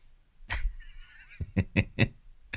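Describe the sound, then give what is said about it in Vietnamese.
A harsh burst, then a thin wavering tone, followed by a quick run of four short honking bird calls played from a recording and one more honk just after, with no talking. “Chưa tắt lại chim à?”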